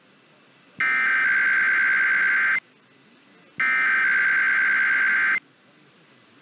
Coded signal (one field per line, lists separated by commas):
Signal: Emergency Alert System (SAME) tones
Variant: header bursts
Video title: Early March Weekend Tests (EAS #16402-16407) 3/2-3/24